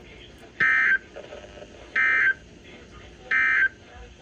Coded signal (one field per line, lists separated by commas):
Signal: Emergency Alert System (SAME) tones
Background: speech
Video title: Tornado & Severe Thunderstorm Warning (EAS 2128 & 2129) 2/27/23